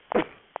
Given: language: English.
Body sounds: throat vibration sensor signal played as sound; cough

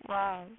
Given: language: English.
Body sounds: throat vibration sensor signal played as sound; speech

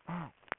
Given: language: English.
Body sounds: throat vibration sensor signal played as sound; throat clearing

